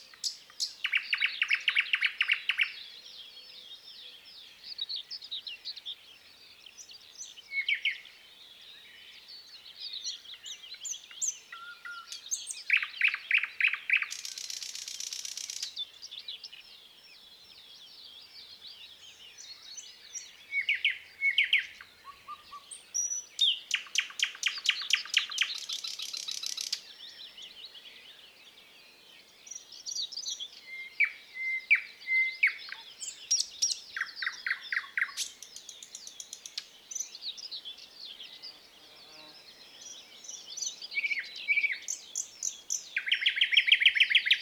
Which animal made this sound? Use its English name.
Thrush Nightingale